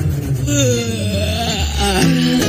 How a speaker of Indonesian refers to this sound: Di saat suasana udah mulai hening, orang-orang banyak yang melamun dan menguap.